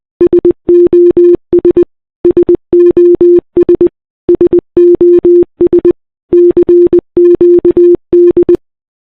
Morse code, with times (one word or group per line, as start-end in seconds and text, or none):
0.2-1.8 SOS
2.2-3.9 SOS
4.3-5.9 SOS
6.3-8.6 CQD